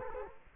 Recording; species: mosquito wingbeat signal from an infrared sensor; Culex quinquefasciatus